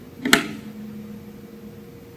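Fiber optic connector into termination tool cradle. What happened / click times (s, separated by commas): The connector clicked into its cradle / 0.3 s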